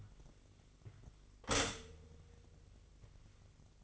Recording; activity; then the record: daily activity, microphone in the room; stop toaster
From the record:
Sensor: 4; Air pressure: 1002.8 hPa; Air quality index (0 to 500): 235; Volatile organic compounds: 16 ppm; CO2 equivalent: 2551 ppm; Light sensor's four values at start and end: 21/74/27/27 and 19/63/24/23